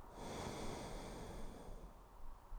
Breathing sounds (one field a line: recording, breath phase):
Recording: one breath near a microphone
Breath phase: exhalation